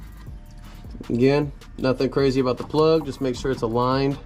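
A wiring harness plug is lined up and pushed onto the HID headlight bulb base in the headlamp housing of a 2021 Chevy Blazer RS. Someone talks throughout, with faint background noise underneath. The plug is only being handled here and has not seated or clicked yet.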